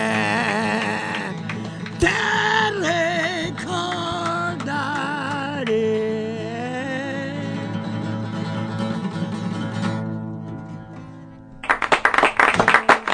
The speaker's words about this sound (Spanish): Y la gente grita, aplaude, se arranca la ropa, se baña en nafta y se prende fuego a lo bonzo de la alegría que tienen. No pueden parar.